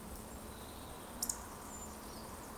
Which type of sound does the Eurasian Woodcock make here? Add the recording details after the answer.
whistle. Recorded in Baden-Württemberg, Germany, on 23 June 2020 at 20:21 UTC. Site 14569, 102 m above sea level